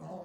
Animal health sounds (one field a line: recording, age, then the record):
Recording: pig call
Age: piglet (1 to 25 days)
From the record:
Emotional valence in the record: negative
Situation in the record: long isolation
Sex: male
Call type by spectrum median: low-frequency call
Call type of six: low-frequency modulated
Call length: 0.25 s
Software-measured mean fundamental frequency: 73 Hz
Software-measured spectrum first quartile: 207 Hz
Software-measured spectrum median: 470 Hz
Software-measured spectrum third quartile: 671 Hz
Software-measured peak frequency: 180 Hz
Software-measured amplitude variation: 81 dB a second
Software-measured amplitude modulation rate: 21.9 a second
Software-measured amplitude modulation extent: 3.7 dB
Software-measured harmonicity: 4.7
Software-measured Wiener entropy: -0.16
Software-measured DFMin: 706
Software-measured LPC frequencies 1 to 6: 608, 2782, 3867, 4570, 6000, 6796 Hz